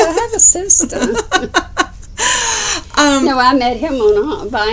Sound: laughs